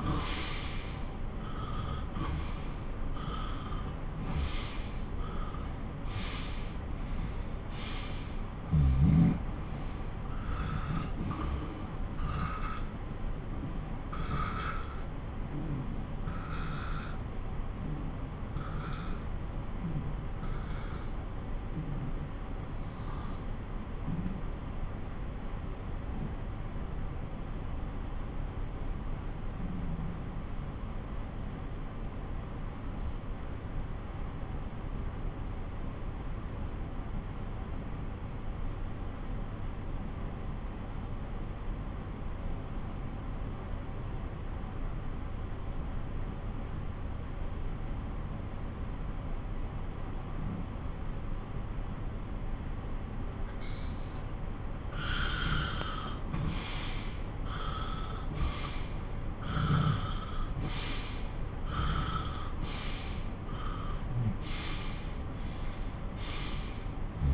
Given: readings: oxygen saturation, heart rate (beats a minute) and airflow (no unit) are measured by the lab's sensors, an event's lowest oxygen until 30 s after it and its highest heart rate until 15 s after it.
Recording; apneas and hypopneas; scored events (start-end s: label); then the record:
breathing in sleep by a smartphone at the bedside; 1
13.00-53.40 s: obstructive apnea (N2, oxygen 96% highest, then 87% lowest)
From the record:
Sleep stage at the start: N2 (light sleep); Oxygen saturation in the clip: 89 to 96%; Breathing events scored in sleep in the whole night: 217 in 6.3 hours asleep